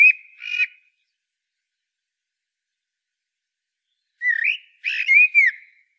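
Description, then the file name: Common blackbird with two phrases: a short fluted whistle, a long silence, then a richer rising and falling whistled phrase with thin high overtones. "Turdus merula"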